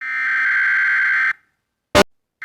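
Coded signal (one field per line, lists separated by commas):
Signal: Emergency Alert System (SAME) tones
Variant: header bursts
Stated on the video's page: Fictional mini EAS scenario.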